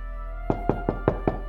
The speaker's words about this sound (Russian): В дверь снова раздался стук.